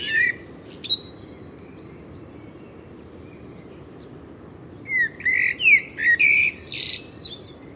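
Bird chirps: a short note and a brief chirp, a long quiet gap, then a quick series of several bright chirps near the end.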